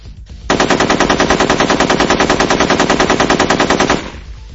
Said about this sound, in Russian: После оглушающего взрыва и ярчайшей вспышки, озверевший Марков с неизменным ПКМ на ремне выскочил из-за угла и ударил по коридору и охранникам длинной очередью.